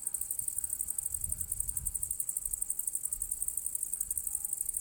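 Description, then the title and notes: Insect: shrill, rapidly pulsed song running without pause, with a soft low rumble swelling briefly. Recorded on the southern slope of the path to the Cosilinium archaeological area; Zoom H6 recorder with MS capsule. "Sulla strada verso l'area archeologica Cosilinium - Grilli e cicale a Cosilinium. Registrazione sul versante sud del sentiero verso l'area archeologica di Cosilinium"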